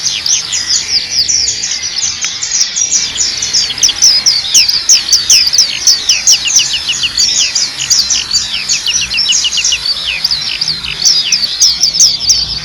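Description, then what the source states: Nightingale song: a continuous stream of rapid, high, sharply falling chirps and short whistles, delivered without pause over a faint low hiss. Masteran training track intended for teaching cage birds to sing.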